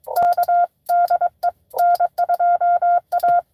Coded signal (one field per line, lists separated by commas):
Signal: Morse code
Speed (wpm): 22 wpm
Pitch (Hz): 690 Hz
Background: none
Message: K DE N2A